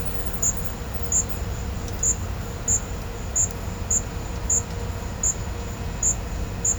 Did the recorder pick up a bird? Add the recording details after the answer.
no. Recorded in pastures near Puerto Asís, Putumayo, Colombia, on 20 December 2024 at 14:00. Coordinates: 0.502, -76.324. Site G077